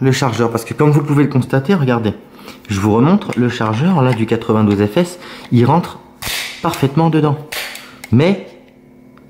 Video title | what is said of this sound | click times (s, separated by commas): présentation pistolet beretta 92 s calibre 9X19 mm | il ne se verrouille pas. | none